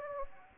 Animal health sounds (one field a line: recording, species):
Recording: mosquito wingbeat signal from an infrared sensor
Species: Anopheles gambiae